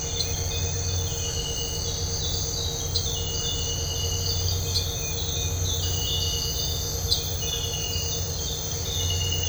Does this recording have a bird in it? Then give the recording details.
no. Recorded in dense forest near Puerto Asís, Putumayo, Colombia, on 4 March 2025 at 06:00. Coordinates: 0.468, -76.322. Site GP01